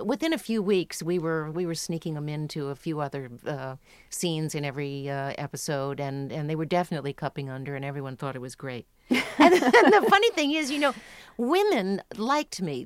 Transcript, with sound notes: within a few weeks we were sneaking them into a few other scenes in every episode. And they were definitely cupping under. And everyone thought it was great. (LAUGHTER) And the funny thing is, you know, women liked me.